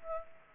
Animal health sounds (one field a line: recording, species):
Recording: mosquito wingbeat signal from an infrared sensor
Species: Aedes aegypti